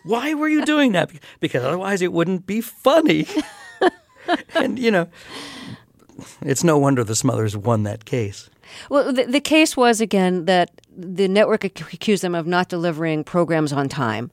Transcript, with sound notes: Why were you doing that? Because otherwise, it wouldn't be funny. (Soundbite of laughter) And, you know, it's no wonder the Smothers won that case.
Well, the case was, again, that the network accused him of not delivering programs on time.